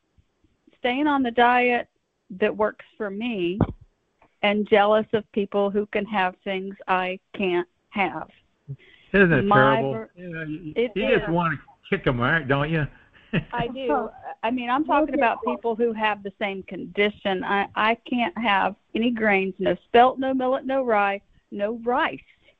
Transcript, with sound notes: staying on the diet that works for me and jealous of people who can have things I can't have. My-
Isn't that terrible?
It gets-
You just want to kick them, right, don't you? (laughs)
I do. I mean-
Also-
... I'm talking about people who have the same condition. I- I can't have any grains, no spelt, no millet, no rye, no rice.